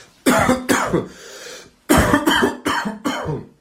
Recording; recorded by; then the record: voluntary cough; messaging app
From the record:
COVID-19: negative